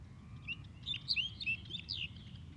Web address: tag snow-bunting